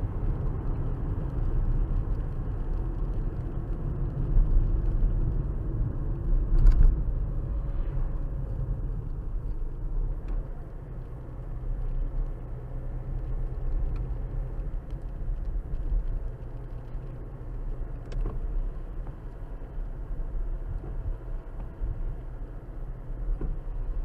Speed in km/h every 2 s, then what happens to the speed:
69, 66, 60, 52, 48, 44, 44, 45, 42, 44, 44, 44.
0-10 slows to 44. 10-24 steady at about 44.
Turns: none.